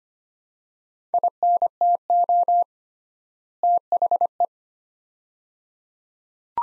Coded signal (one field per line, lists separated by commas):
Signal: Morse code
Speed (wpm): 25 wpm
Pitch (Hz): 700 Hz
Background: none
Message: INTO THE